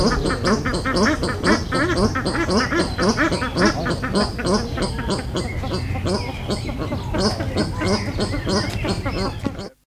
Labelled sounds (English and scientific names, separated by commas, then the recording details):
Paradise Shelduck (Tadorna variegata) call
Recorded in captivity
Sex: diverse
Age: adult
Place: Vogelpark Walsrode, Niedersachsen, DE
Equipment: Halbspur, 9,5 cm/s
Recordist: Lütgens, Hans